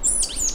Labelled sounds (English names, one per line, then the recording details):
Stitchbird song
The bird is a male
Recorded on Tiritiri Matangi Island, New Zealand, in 2005
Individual 1, of nest box 1